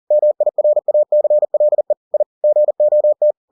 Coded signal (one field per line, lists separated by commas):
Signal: Morse code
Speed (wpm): 40 wpm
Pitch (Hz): 600 Hz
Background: none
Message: MIRACLE I GOT